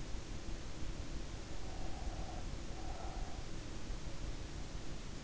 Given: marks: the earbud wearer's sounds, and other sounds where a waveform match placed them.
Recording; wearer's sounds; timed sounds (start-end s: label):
sounds in sleep by an in-ear microphone; breath
1.58-3.55 s: breath